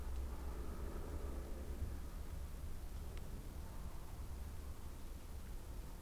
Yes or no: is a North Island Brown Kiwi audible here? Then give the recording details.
no. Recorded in New Zealand on 20 November 2013. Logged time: 21:14. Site CG25